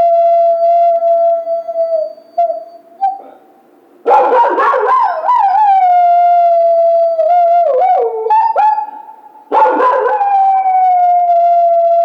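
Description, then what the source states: Coyote howling: long steady tones broken by bursts of sharp yips and wavering, sliding cries, ending on another sustained howl. Recorded 16 March 2010.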